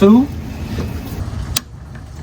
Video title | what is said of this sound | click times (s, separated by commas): How to Replace a Leaking Intake Manifold on a Mercury Grand Marquis - 4.6L Engine Repair | All right, y'all hear that click? | 1.6 s